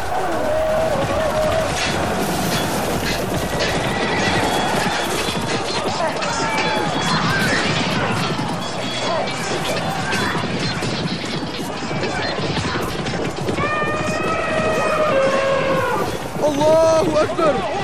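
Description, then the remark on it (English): A loud, continuous din of battle elephants stampeding as they turn back, smashing all in their way, at the Battle of Qadisiya, with heavy crashing throughout, shrill trumpet-like wails rising near the end and voices shouting in the chaos. “Are turning back, smashing all what comes in their way.”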